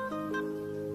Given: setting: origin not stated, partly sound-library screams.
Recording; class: one-second piece from a danger detection set; normal situation